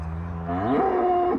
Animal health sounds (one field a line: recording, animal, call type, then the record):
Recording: contact call of a hoofed animal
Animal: cattle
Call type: low-frequency (closed-mouth) or high-frequency (open-mouth) call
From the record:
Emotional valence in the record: negative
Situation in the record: full separation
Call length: 1.39 s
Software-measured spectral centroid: 930 Hz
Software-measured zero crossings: 950 a second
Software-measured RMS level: -24 dBFS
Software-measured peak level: -11 dBFS